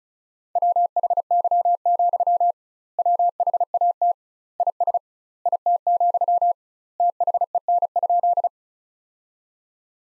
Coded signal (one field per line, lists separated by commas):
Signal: Morse code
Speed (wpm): 34 wpm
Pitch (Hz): 700 Hz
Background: none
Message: WHY, WHAT IS IT, THEN?